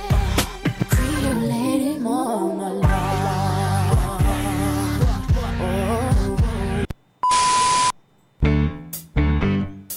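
An upbeat pop song from a musical film's soundtrack, with a driving beat, layered vocals and bass, plays loudly, then briefly cuts out for a steady high beep before the music resumes.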